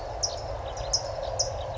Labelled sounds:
California Towhee (Melozone crissalis)
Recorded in Sonoma County, California

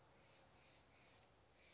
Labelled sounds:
Steller's Jay (Cyanocitta stelleri)
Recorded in Sonoma County, California

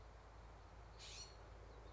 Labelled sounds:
California Scrub-Jay (Aphelocoma californica)
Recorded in Sonoma County, California

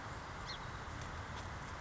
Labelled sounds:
Song Sparrow (Melospiza melodia)
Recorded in Sonoma County, California

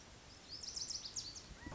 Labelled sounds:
Lazuli Bunting (Passerina amoena)
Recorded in Sonoma County, California

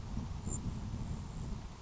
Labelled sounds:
Grasshopper Sparrow (Ammodramus savannarum)
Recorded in Sonoma County, California

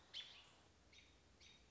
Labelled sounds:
American Robin (Turdus migratorius)
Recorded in Sonoma County, California

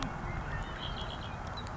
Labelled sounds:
Red-winged Blackbird (Agelaius phoeniceus)
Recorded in Sonoma County, California

